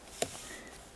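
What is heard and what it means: A small black plastic locking collar beneath the leather boot of a Mercedes automatic transmission shift knob is turned counterclockwise by hand. It gives a single sharp, brief click at 0.2 s over a quiet, steady background hiss. The collar clicks free and is released, so the knob can be pulled down off the shift lever.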